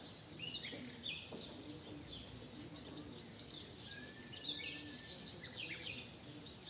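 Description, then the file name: Eurasian wren pouring out fast, high, tinkling trills in several bursts over a hissing background. "Troglodytes troglodytes"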